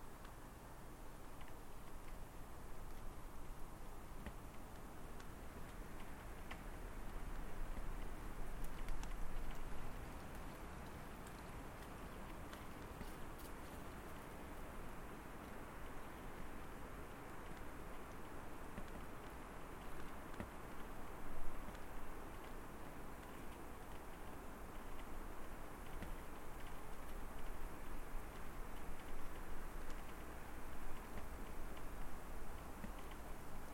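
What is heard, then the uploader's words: A rural property soundscape west of South River, Ontario, filled with a steady, dense rumble and hiss that holds fairly even throughout. A low drone sits underneath, with faint brief clicks and ticks scattered across the whole stretch, and a slight swell near ten seconds. Long duration soundscape recordings made at my home, a rural property 22 KM west of the village of South River, Ontario, Canada. Based on recordings made through the month of February.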